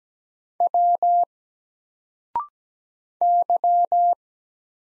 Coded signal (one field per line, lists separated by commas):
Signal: Morse code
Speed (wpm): 17 wpm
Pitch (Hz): 700 Hz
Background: none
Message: W Y